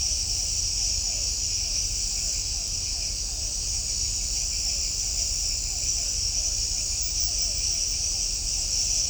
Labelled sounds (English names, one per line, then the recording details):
none
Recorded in shrubland near Pivijay, Magdalena, Colombia, on 3 June 2023 at 01:30
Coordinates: 10.453, -74.365
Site P5-G022